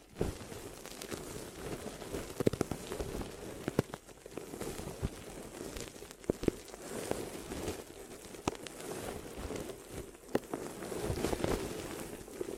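Ear massage and cleaning sounds: a dense, rustling crackle of rubbing and squishing runs throughout, swelling and easing in waves. Sharp clicks and pops cut through every couple of seconds, with a fuller, busier stretch near the end.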